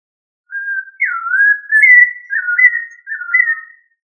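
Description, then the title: Thrush song: one continuous phrase of clear, sliding whistled notes, dipping and then rising, with short breaks between the notes. "Familia Turdidae - Sabia"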